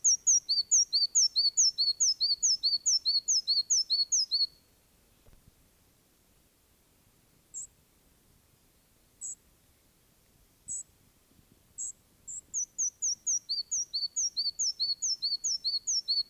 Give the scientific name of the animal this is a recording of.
Ficedula parva